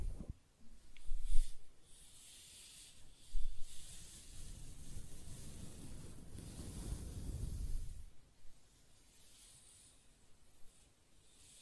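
Close-up hair sounds: soft scratching and stroking make a fine, airy hiss, with a bright rustle on top and a rough low rumble beneath. Short louder bursts come near the start and around three seconds, then a long rubbing stretch runs to about eight seconds before fading to faint rustles.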